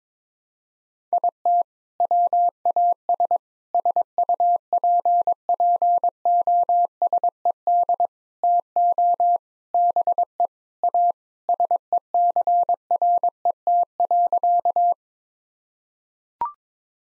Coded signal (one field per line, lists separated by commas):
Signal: Morse code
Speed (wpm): 22 wpm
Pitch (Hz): 700 Hz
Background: none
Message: IT WAS SUPPOSED TO BE A SECRET.